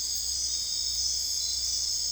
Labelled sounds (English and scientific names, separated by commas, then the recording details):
none
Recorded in dense forest near Puerto Asís, Putumayo, Colombia, on 26 December 2024 at 02:30
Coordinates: 0.485, -76.318
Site GP03